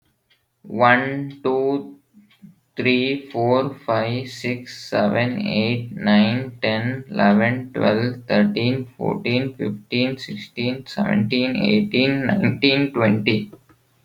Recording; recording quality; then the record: counting at a normal pace; excellent, no background noise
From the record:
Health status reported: exposed to COVID-19, no respiratory illness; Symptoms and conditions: sore throat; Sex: male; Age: 18 years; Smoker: not ticked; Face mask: not worn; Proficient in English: yes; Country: India